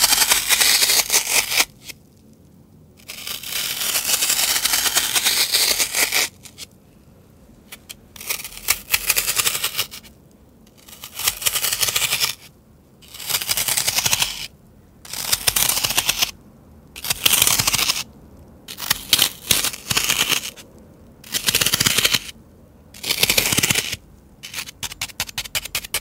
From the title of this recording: Floral Foam (Crunchy Sounds)